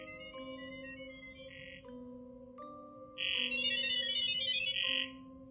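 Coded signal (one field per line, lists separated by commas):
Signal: data over sound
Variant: ggwave (Gibberlink mode)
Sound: two bursts of rapid chiming chord tones, each opened and closed by buzzy blocks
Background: steady low hum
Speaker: What you've just seen here is two AI communicating in a language called GG Wave.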